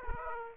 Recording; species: mosquito wingbeat signal from an infrared sensor; Aedes aegypti